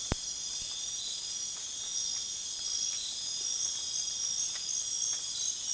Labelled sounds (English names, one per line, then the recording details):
none
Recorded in dense forest near Puerto Asís, Putumayo, Colombia, on 19 June 2025 at 23:30
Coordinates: 0.466, -76.327
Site GP04